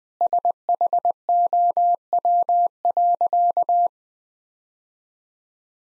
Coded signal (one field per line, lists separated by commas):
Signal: Morse code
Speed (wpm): 20 wpm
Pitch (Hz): 700 Hz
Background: none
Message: SHOW.